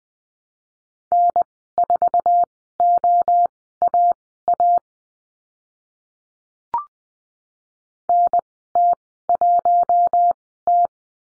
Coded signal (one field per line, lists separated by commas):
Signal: Morse code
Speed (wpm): 20 wpm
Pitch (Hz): 700 Hz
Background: none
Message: N4OAA NT1T